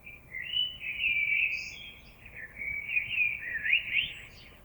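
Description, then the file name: Common blackbird singing a continuous, soft, warbling run of fluted notes with brief higher squeaks, over a faint background hiss. Recorded on 26 April 2022. "Merle 2022 04 26"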